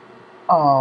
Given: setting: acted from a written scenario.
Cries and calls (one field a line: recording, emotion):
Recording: vocal sound without words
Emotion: sympathy